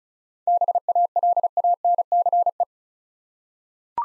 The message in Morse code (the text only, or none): BALANCE